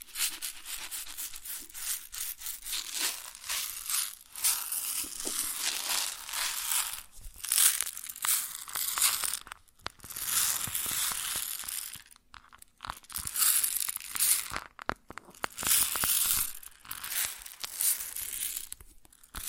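Grain being poured and shifted, a dense, crackling rustle of countless tiny hard bits with a bright, hissy edge. It comes in uneven swells and surges with short pauses, around 10 and 12 seconds, and the crunchy texture changes as the grain moves.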